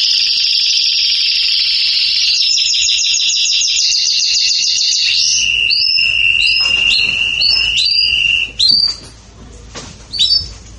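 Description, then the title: Belgian canary song with long rapid trills on a high pitch, then a sustained whistled note broken by short chirps, fading into brief bursts and quiet. "Canario Belga. Salsa Cantando Disparado"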